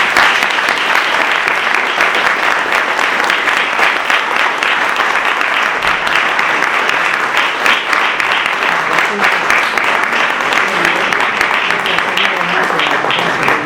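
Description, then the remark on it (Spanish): Sustained audience applause for a speaker leaving a panel discussion, a dense steady patter of many hands clapping at an even loudness for over ten seconds, with faint voices murmuring underneath. “otro aplauso que se tiene que ir y seguimos con la mesa.”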